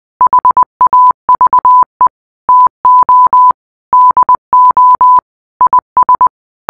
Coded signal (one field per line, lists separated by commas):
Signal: Morse code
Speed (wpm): 20 wpm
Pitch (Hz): 1000 Hz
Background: none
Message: HAVE TO DO IS